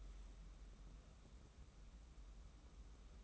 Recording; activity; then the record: daily activity, microphone in the room; take from stove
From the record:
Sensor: 1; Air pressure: 994.4 hPa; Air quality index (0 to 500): 230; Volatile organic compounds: 1000 ppm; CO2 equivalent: 8271 ppm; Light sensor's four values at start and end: 141/323/144/158 and 140/323/144/158